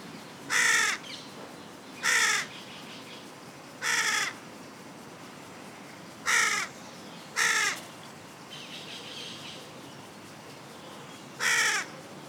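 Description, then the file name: Carrion crow calling with a string of hoarse caws at irregular gaps of one to four seconds, a softer one heard midway. "Corvus corone"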